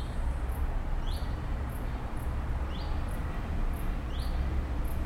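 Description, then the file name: Bird calling with three thin rising chirps spaced over a few seconds, beneath a steady deep rumble and soft high-pitched ticking. "zvuki peniia ptits"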